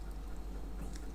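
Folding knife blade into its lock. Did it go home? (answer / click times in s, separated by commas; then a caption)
yes / 1.0 s. A Columbia B3154 folding knife blade is opened and, at the end of its travel, slaps into its lock with a short sharp click at 0.9 s. The blade seats and locks in place.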